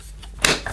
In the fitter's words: Nice satisfying click.